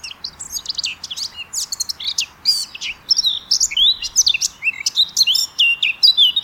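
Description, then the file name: Eurasian blackcap singing a fast, jumbled warble of high chirps and whistled downslurs, with short bursts that run together into steady chattering phrases. "Sylvia atricapilla"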